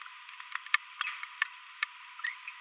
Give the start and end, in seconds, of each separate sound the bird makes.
2.24-2.31